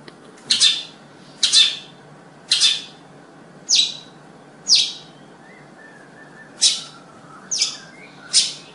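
Bird calls: sharp, buzzy single notes repeated about once a second, eight in all.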